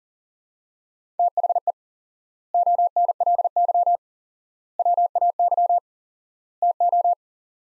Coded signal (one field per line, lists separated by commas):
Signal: Morse code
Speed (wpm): 40 wpm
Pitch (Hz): 700 Hz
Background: none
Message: THE ONLY WAY TO